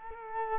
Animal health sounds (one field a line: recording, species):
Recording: mosquito wingbeat signal from an infrared sensor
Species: Culex quinquefasciatus